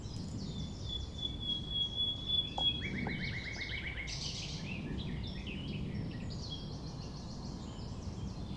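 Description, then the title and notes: Common nightingale song: a long pure whistle, then a quick evenly repeated note series, followed by varied phrases over a low rumble. Recorded at 6 a.m. at sunrise near the Thève river, Champ de Ménage; the nightingale sings without waiting for silence. "6 A.M. Lever du soleil non loin de la Thève au Champ de Ménage. Le rossignol n'attend pas le silence."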